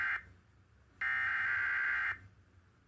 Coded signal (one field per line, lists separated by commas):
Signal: Emergency Alert System (SAME) tones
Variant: header bursts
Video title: EAS 7K Milestone! EAS Alerts from the week of (1/26/25-2/01/25) EAS 6999-7023